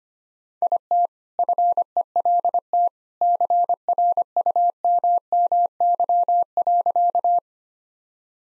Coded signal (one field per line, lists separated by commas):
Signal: Morse code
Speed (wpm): 25 wpm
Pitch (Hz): 700 Hz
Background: none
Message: IT FELT CRUMMY.